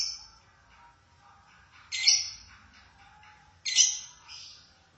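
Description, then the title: Lovebird squawks: two sharp, harsh, high calls about two seconds apart, each followed by softer chatter. "Suara Burung Lovebird"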